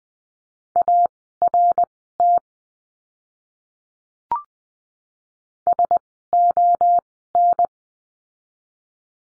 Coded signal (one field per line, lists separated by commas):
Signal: Morse code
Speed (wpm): 20 wpm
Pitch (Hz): 700 Hz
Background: none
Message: ART SON